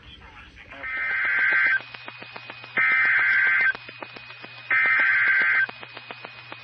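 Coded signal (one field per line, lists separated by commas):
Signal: Emergency Alert System (SAME) tones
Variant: header bursts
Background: speech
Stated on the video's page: Flood Warnings and Severe Thunderstorm Warnings for the Ohio Valley Region, from NOAA Weather Radio stations in Columbus and Miamisburg, Ohio.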